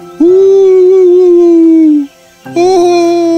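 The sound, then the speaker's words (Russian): A voice imitates a wolf's crying howl: two loud, sustained wails, the first steady and long, the second starting after a short pause, both mid-pitched and slightly wavering. “И вот он тоже заплакал.”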